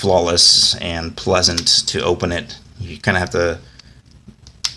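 Someone talks as the telescoping barrel of a Cross Edge rollerball pen is pulled open, with a couple of faint ticks first. The barrel has to be forced a little and snaps into its open position with a loud, sharp click at 4.7 s.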